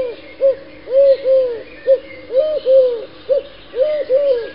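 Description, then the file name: Eurasian collared dove cooing in repeated three-note phrases, a short soft coo followed by two longer, hollow coos, repeated three times over faint background noise. "streptopelia decaocto"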